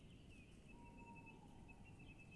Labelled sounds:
Tawny Owl
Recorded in Germany
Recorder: ecoPi

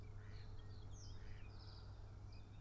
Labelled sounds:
Mallard
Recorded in Germany
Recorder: ecoPi

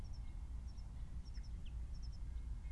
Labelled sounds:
Common Chaffinch
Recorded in Germany
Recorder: ecoPi

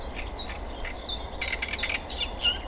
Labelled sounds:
Common Chiffchaff
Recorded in Germany
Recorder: ecoPi

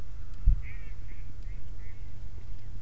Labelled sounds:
Mallard
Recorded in Germany
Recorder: ecoPi

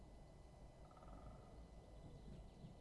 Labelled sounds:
Great Spotted Woodpecker
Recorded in Germany
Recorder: ecoPi

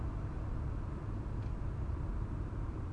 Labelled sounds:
none
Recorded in Germany
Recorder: ecoPi

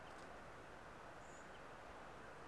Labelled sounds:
Common Chaffinch
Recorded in Germany
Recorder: ecoPi

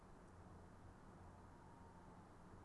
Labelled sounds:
Tawny Owl
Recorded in Germany
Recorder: ecoPi

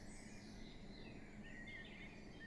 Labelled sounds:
Common Blackbird
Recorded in Germany
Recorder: ecoPi

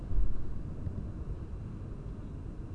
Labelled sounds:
none
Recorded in Germany
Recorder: ecoPi

